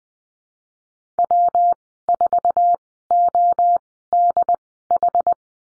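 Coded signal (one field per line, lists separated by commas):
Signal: Morse code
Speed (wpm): 20 wpm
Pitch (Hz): 700 Hz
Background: none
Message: W4ODH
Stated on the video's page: Morse course lesson on letter W and call signs, Farnsworth speed 20/10 wpm.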